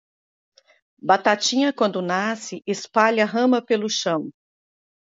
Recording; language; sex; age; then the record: short text; Brazilian Portuguese; female; 50 to 59 years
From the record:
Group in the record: control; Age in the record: 50 years